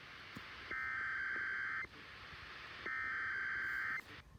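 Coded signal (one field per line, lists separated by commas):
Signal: Emergency Alert System (SAME) tones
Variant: header bursts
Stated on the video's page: Washington State EOC Required Monthly Test EAS, heard on AM and FM broadcast stations and on NOAA weather radio at 162.550 and 162.425.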